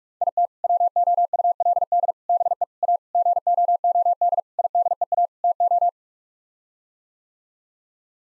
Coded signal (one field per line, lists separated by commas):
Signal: Morse code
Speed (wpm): 41 wpm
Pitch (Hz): 700 Hz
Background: none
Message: IT WOULD BE A GOOD IDEA TO